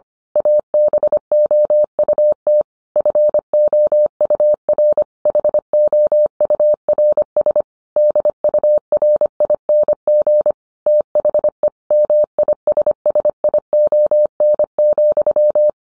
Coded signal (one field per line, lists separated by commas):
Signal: Morse code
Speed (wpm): 25 wpm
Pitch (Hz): 600 Hz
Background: none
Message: ABOUT FOUR HOURS DURING THE MISSION,